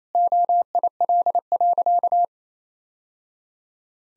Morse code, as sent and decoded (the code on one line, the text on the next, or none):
--- .. .-.. .-.-.-
OIL.